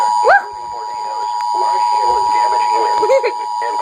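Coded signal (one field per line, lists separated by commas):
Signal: Emergency Alert System (SAME) tones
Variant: 853 and 960 Hz attention tone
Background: speech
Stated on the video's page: NOAA Weather Radio tornado watch alert for northern Indiana, Michigan and Ohio counties, issued by the National Weather Service.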